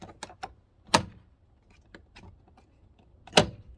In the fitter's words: Make sure you hear it snap, means it's all good.